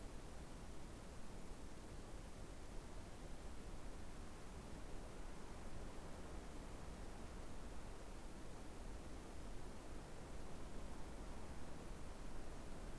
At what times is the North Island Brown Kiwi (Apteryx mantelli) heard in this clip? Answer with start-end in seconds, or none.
none